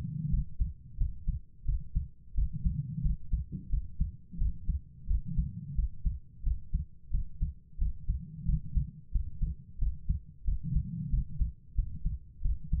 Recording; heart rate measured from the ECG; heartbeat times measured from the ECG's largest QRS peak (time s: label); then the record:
heart sounds by stethoscope; 89 bpm
0.29 s: heartbeat
0.96 s: heartbeat
1.64 s: heartbeat
2.33 s: heartbeat
3.01 s: heartbeat
3.68 s: heartbeat
4.36 s: heartbeat
5.06 s: heartbeat
5.74 s: heartbeat
6.42 s: heartbeat
7.09 s: heartbeat
7.77 s: heartbeat
8.44 s: heartbeat
9.10 s: heartbeat
9.77 s: heartbeat
10.43 s: heartbeat
11.09 s: heartbeat
11.74 s: heartbeat
12.40 s: heartbeat
From the record:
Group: healthy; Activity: rest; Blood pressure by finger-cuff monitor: 111/68 mmHg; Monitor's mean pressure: 83 mmHg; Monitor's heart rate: 89 bpm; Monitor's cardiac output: 7.1 L/min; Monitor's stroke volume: 81 mL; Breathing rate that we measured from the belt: 23 breaths a minute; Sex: female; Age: 32 years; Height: 172 cm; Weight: 71.7 kg